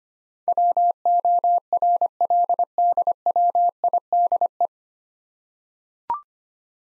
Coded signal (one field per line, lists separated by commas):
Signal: Morse code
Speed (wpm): 25 wpm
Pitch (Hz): 700 Hz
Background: none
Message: WORLDWIDE